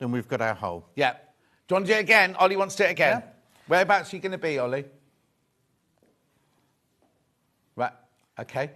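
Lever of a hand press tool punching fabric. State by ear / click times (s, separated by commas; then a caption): not seated / none. Someone talks while handling the lever of a hand press or hole-punch tool used to punch fabric, with a quiet pause between about 5 and 7.8 seconds before more talking. Nothing has clicked or seated yet; the lever has not reached the bottom of its stroke.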